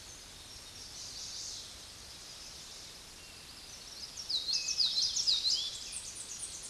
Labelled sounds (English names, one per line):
Common Yellowthroat song